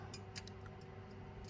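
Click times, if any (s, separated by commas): 0.4 s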